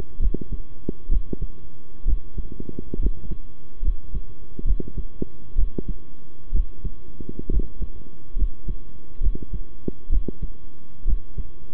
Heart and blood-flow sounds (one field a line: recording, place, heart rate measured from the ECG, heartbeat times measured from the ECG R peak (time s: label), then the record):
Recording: heart sounds by stethoscope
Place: between the tricuspid and mitral areas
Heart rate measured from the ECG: 66 bpm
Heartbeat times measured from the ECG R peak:
0.19 s: heartbeat
1.09 s: heartbeat
2.05 s: heartbeat
2.99 s: heartbeat
3.82 s: heartbeat
4.65 s: heartbeat
5.55 s: heartbeat
6.52 s: heartbeat
7.49 s: heartbeat
8.36 s: heartbeat
9.20 s: heartbeat
10.09 s: heartbeat
11.05 s: heartbeat
From the record:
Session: rest, sitting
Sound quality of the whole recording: good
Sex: male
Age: 23 years